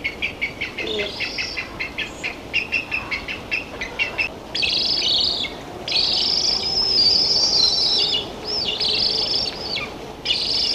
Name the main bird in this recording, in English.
Black-headed Ibis